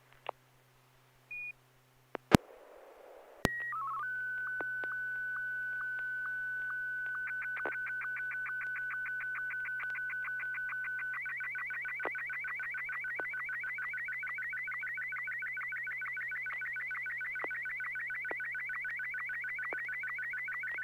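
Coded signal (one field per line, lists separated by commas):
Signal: SSTV (slow-scan television)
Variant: Martin 1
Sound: short beeps, a steady tone, a quick warble, then rhythmic buzzy scanning tones with ticks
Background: radio hiss, low hum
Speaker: i'll go ahead and transmit now stand by for martin one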